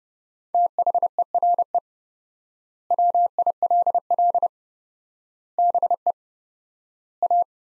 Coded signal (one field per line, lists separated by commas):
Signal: Morse code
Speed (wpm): 32 wpm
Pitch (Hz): 700 Hz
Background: none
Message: THERE WILL BE A